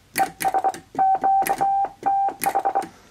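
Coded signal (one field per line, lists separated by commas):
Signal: Morse code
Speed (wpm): 22 wpm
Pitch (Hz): 780 Hz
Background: none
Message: ES QTH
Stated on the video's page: CW from a homebrew 1930s-style single-valve transmitter in a demonstration contact.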